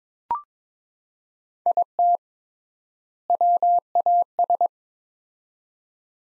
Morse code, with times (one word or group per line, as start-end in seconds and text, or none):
1.7-2.2 IT
3.3-4.7 WAS